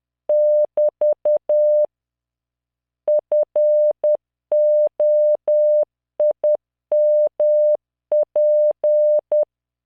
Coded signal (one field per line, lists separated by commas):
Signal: Morse code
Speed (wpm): 10 wpm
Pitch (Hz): 600 Hz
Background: none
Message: <BT> FOIMP